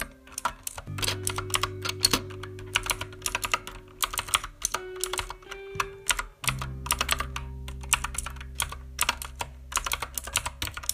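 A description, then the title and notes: Rapid, uneven keyboard typing clatters in dense bursts of sharp key clicks, over a low steady hum that briefly changes pitch midway. ASMR Keyboard Typing Sounds.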